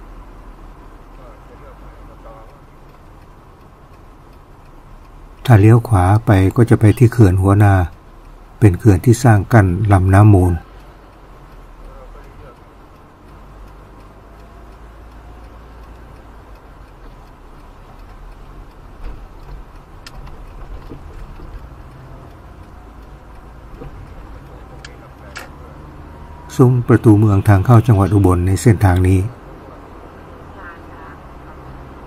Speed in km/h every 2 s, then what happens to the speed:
68, 67, 67, 67, 67, 67, 67, 67, 67, 67, 67, 69, 71, 70, 70, 69.
0-32 steady at about 67.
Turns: none.